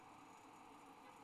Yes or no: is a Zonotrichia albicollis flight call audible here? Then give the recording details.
no. No flight call is heard. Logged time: 21:32 on 29 November 2014